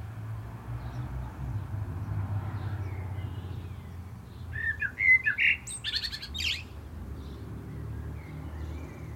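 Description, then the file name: Common blackbird song, a brief fluty phrase ending in a high squeaky twitter, set against steady low rumbling background noise. "Turdus merula"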